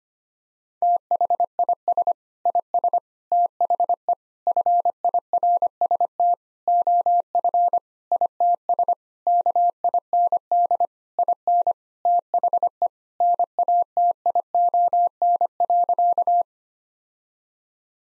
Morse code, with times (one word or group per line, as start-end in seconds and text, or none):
0.8-2.1 THIS
2.5-3.0 IS
3.3-4.1 THE
4.5-6.3 FIRST
6.7-7.8 OF
8.1-8.9 ITS
9.3-10.9 KIND
11.2-11.7 IN
12.1-12.9 THE
13.2-16.4 NATION.